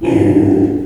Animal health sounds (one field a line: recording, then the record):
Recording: squeal of a Yucatan mini pig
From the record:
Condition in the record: before surgery on the right vocal fold (resection and tissue-engineered implant)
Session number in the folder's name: 1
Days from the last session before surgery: -21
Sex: female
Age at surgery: 19 weeks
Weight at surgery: 25 kg